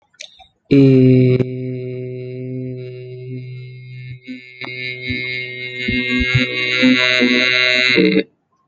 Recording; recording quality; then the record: sustained vowel as in made; excellent, no background noise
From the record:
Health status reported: respiratory illness, not identified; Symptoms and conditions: asthma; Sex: male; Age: 26 years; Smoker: not ticked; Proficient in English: yes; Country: India